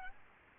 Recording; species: mosquito wingbeat signal from an infrared sensor; Aedes aegypti